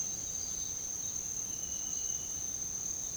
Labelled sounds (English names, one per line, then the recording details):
none
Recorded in pastures near Puerto Asís, Putumayo, Colombia, on 9 March 2025 at 06:00
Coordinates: 0.486, -76.323
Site G075